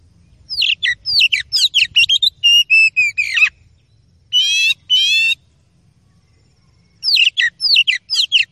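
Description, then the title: Oriental magpie-robin song: fast strings of varied whistles and chirps, a pair of buzzy trilled notes, a pause, then more rapid chirping whistles. Masteran (training recording) of aggressive kacer song with full 'tembakan' phrases, meant to make rival kacer birds fight and become agitated within minutes. "Kacer Langsung Tarung Konslet KACER NGOTOT FULL TEMBAKAN. MASTERAN KACER"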